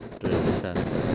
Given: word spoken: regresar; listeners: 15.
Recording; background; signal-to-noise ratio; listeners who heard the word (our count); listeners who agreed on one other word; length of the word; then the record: one Spanish word in noise, from a listening test; noise modulated by one talker; -7.1 dB; 3 of 15; 6 of 15; 0.75 s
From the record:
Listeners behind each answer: 6, 3, 2, 2, 1, 1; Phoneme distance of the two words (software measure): 27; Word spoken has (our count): 3 syllables, 8 phonemes, stress on syllable 3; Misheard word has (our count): 3 syllables, 7 phonemes, stress on syllable 3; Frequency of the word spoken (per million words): 35.77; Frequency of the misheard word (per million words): 15.84